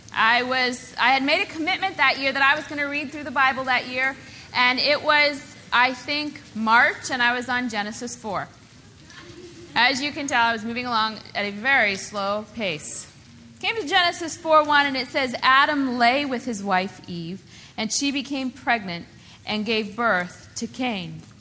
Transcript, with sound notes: I had made a commitment that year that I was going to read through the Bible that year, and it was, I think, March, and I was on Genesis 4. (laughter) As you can tell, I was moving along at a very slow pace. I came to Genesis 4:19, and it says, “Adam lay with his wife Eve, and she became pregnant and gave birth to Cain.”